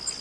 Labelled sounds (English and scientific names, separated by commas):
Nashville Warbler (Leiothlypis ruficapilla) flight call